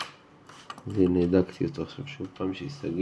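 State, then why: Seated. A plastic screen bezel clip on a Lenovo ThinkPad T430 laptop lid is found not closed while the bezel around the new screen panel is checked, and it is pressed again until it snaps shut. A short sharp click at 0.7 s marks the clip seating, followed by someone talking.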